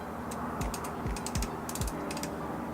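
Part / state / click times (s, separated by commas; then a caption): polar scope arm detent on an astrophotography tracking mount / seated / 1.3 s, 1.4 s, 1.7 s, 1.8 s, 2.2 s. The polar scope arm on an older astrophotography tracking mount, the Astrotrac TT320-AG, is moved and ratchets through its click detents, with sharp clicks at 1.3, 1.4, 1.4, 1.7, 1.8 and 2.2 seconds over a steady background hum. The arm seats into position and holds where it is put, unlike the loose arm on the other mount, which has no click and slips.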